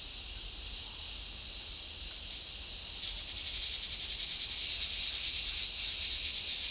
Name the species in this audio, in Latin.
none